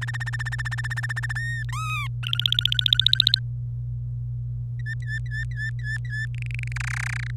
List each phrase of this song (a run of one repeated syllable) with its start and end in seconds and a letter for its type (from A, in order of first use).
0.01-1.32 A, 1.35-1.63 B, 1.69-2.07 C, 2.23-3.40 D, 4.79-6.26 B, 6.34-6.72 E, 6.76-7.30 F